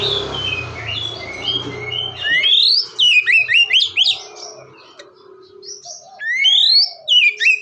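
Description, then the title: Oriental magpie-robin song: sharp upward-swept whistles and varied chirps in short bursts, over a low rumbling background for the first two and a half seconds. "kacer"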